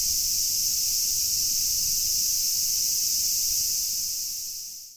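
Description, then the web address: Cicada calling with a steady, high, hissing drone that holds without a break, then fades away at the end. Recorded 8 August 2019. "fukudai fu-cicada 190808"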